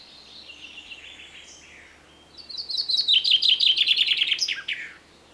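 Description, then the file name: Common chaffinch song: a faint high phrase, then a loud, fast, descending rattle of notes ending in an abrupt flourish, delivered over about two seconds. "Fringilla coelebs"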